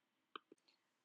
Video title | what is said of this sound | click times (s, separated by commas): How to fix a gas leak on a Stihl KM110 trimmer/edger unit | piece right down over the spark plug until it locks into place | 0.4 s